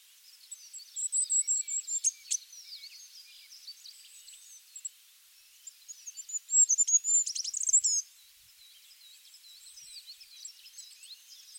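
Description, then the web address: Bird calls: high thin chirps and a brief fast trill, in two bursts, around the second second and again near the seventh, with faint scattered tweets between and after. "cianscape. Deverinetal 2025. Bird Only"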